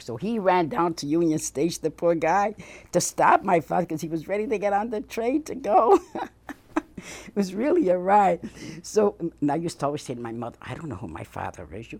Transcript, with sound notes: So he ran down to Union Station, the poor guy, to stop my father, because he was ready to get on the train to go. ( she laughs ) It was really a riot. So, and I used to always say to my mother, "I don't know who my father is.